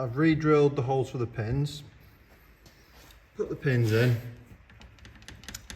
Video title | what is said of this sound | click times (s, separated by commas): Zcar Mini Rebuild - Putting it back together after new paint job | and there's not enough travel on them so I want the pins to be lower so now they won't lock in | none